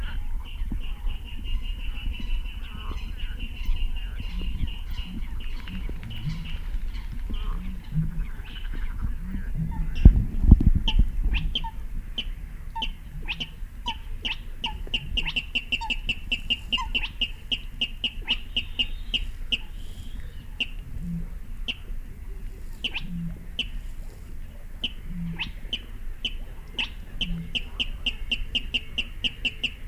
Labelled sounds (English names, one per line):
Spotted Crake